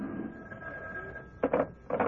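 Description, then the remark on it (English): The boss's hotline telephone rings in two short bursts over a steady background hum, the rings sharp and buzzy, with a brief gap between them. “What's that? Oh, the boss's hotline.”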